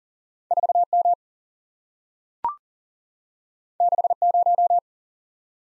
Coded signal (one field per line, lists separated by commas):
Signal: Morse code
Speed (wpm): 43 wpm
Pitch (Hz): 700 Hz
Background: none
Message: 4 M 6 0